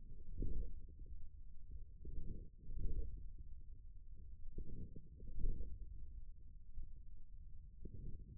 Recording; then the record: forearm muscle sounds (acoustic myography)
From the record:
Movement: forearm pronation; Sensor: system 1, eight BSWA MPA416 microphones around the upper forearm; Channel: 6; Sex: male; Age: 41 years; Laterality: right